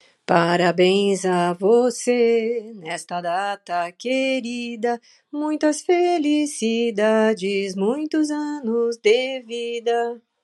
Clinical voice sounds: short text; Brazilian Portuguese; female; 70 to 79 years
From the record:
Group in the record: control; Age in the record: 70 years

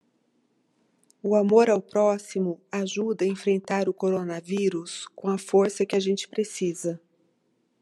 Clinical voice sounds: spoken sentence; Brazilian Portuguese; female; 40 to 49 years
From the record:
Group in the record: control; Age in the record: 47 years

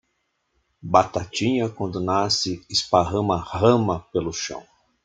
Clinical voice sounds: short text; Brazilian Portuguese; male; 60 to 69 years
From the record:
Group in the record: control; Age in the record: 68 years

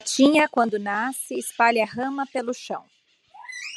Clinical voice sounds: short text; Brazilian Portuguese; female; 40 to 49 years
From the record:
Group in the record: control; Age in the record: 47 years

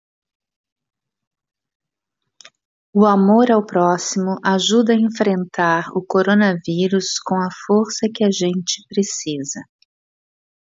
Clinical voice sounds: spoken sentence; Brazilian Portuguese; female; 50 to 59 years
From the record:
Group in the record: control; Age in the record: 56 years

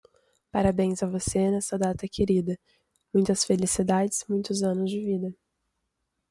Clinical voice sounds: short text; Brazilian Portuguese; female; 20 to 29 years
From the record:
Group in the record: control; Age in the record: 21 years

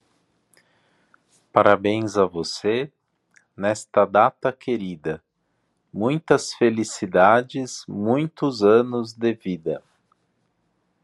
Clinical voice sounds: short text; Brazilian Portuguese; male; 40 to 49 years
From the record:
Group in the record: control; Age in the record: 43 years

